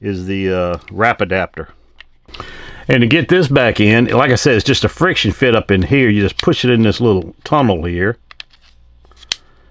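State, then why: Seated. A ratchet wrap adapter is pushed back into its small tunnel slot in a bit set case holder, where it is held by a friction fit. Someone talks, then after a few soft handling sounds a sharp click is heard at 9.3 seconds as the adapter seats.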